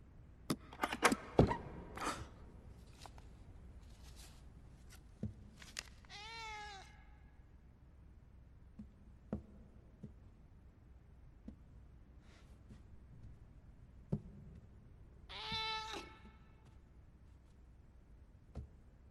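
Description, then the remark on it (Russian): A kitten named Poru, sent in a chest, gives two thin, high-pitched meows several seconds apart, each sliding downward, after a run of sharp knocks and rustles in an otherwise quiet stretch. “В сундуке был котенок.”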